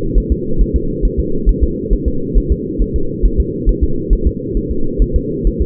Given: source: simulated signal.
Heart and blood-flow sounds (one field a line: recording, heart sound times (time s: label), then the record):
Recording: fetal heart sounds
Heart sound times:
0.18 s: S1
0.32 s: S2
0.61 s: S1
0.76 s: S2
1.05 s: S1
1.19 s: S2
1.49 s: S1
1.63 s: S2
1.93 s: S1
2.08 s: S2
2.38 s: S1
2.52 s: S2
2.82 s: S1
2.96 s: S2
3.25 s: S1
3.40 s: S2
3.69 s: S1
3.84 s: S2
4.13 s: S1
4.27 s: S2
4.57 s: S1
4.71 s: S2
5.02 s: S1
5.16 s: S2
5.47 s: S1
5.61 s: S2
From the record:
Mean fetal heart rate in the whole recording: 135 bpm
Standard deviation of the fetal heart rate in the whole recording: 3 bpm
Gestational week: 36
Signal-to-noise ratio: -8.1 dB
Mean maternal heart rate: 72 bpm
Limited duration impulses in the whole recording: absent